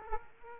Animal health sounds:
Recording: mosquito wingbeat signal from an infrared sensor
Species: Aedes aegypti

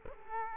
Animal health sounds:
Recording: mosquito wingbeat signal from an infrared sensor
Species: Culex quinquefasciatus

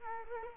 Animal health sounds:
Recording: mosquito wingbeat signal from an infrared sensor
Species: Culex quinquefasciatus

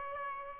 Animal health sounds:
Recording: mosquito wingbeat signal from an infrared sensor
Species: Aedes aegypti

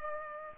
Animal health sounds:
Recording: mosquito wingbeat signal from an infrared sensor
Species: Culex pipiens

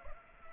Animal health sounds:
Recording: mosquito wingbeat signal from an infrared sensor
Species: Aedes aegypti

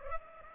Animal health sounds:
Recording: mosquito wingbeat signal from an infrared sensor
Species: Culex pipiens

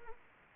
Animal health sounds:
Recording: mosquito wingbeat signal from an infrared sensor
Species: Anopheles arabiensis

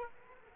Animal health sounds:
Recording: mosquito wingbeat signal from an infrared sensor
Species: Aedes aegypti

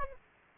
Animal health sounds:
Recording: mosquito wingbeat signal from an infrared sensor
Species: Aedes aegypti

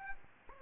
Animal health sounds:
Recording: mosquito wingbeat signal from an infrared sensor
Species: Aedes aegypti

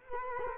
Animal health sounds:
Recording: mosquito wingbeat signal from an infrared sensor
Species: Culex quinquefasciatus

